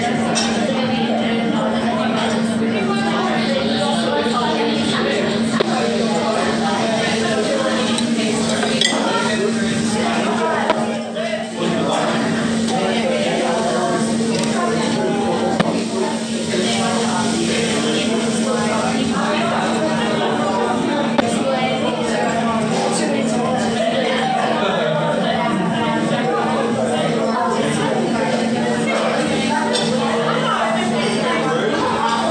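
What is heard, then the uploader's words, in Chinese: Background noise in a local Vietnamese restaurant: a steady mix of many overlapping voices talking at once, over a constant low hum throughout. 在當地一個越南飯店的背景音。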